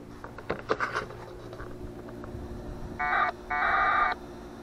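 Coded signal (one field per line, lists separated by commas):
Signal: packet radio (AX.25, as in APRS)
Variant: 1200 baud AFSK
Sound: brief muffled talk, then two short harsh warbling data bursts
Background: brief speech, room noise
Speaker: now we are going to reconnect and CIN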